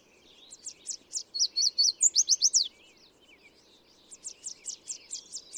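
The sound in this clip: Bird song: high chips quickening into a loud run of slurred whistled notes, a short pause, then a steady series of sharp repeated notes.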